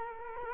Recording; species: mosquito wingbeat signal from an infrared sensor; Culex quinquefasciatus